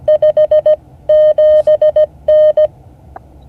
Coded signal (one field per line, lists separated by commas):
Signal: Morse code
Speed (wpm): 17 wpm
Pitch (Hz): 620 Hz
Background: none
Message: 57N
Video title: Morse code class 2024-08-06 (8 of 12)